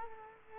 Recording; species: mosquito wingbeat signal from an infrared sensor; Culex quinquefasciatus